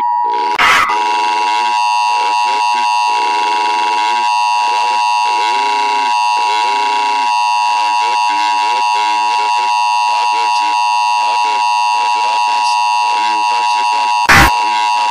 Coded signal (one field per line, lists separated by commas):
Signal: Emergency Alert System (SAME) tones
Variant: 853 and 960 Hz attention tone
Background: speech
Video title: Schizophrenic Break (EAS Style)